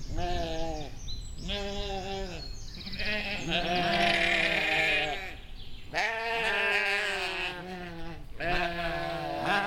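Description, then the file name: Sheep bleating in a flock, several overlapping quavering bleats following one another almost without pause, some higher and some lower in pitch. "schafe"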